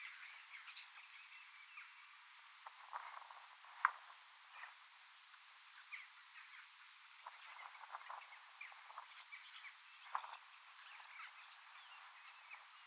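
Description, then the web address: Common starlings chattering loosely, separate creaky notes, clicks and short whistles scattered over a softer background babble, with a few sharper snaps. Large flock of young birds practising song in preparation for next spring; recorded 25 August 2026 in Finland. "paivat 25 8 2026 iso kottaraisten nuorisoparvi valmistautuu ensi kevaaseen lauluharjoittelemalla"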